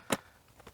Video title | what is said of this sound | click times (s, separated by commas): Best Pressure Washer Value - Active VE52 - Testing & Review | Now this, you can already tell, doesn't seal very well. It's just like a little click in. | 0.1 s